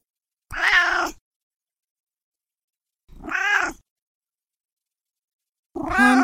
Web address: cat meowing